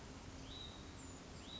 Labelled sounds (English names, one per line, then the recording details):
Hutton's Vireo
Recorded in Sonoma County, California